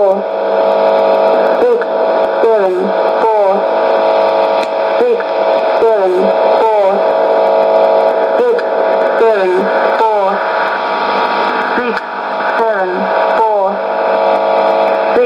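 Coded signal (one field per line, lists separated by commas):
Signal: numbers station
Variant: E17z, English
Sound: a woman's voice reading short, evenly spaced words over a droning radio background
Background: radio static and hum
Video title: 21 02 2019 E17z English Lady numbers station in English to Eu 0810 on 9820 unknown tx site CUSB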